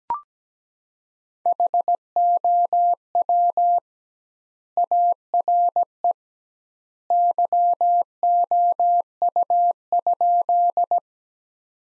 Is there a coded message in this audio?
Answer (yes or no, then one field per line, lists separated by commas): yes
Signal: Morse code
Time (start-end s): 1.5-11.0 s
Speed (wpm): 17 wpm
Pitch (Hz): 700 Hz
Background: none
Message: HOW ARE YOU?